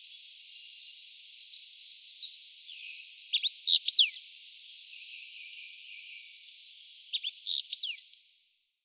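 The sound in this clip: Wallcreeper calls: two brief bursts of high, thin chirps and slurred whistles, separated by a few seconds of faint hiss.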